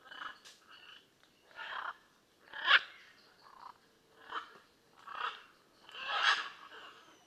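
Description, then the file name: Blue-and-yellow macaw making a run of rough, nasal squawks roughly every second. "Blue and yellow Macaw Ara ararauna"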